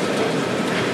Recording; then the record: background sound without coughing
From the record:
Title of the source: Office Sounds Ambience - Background Noise for Study and Work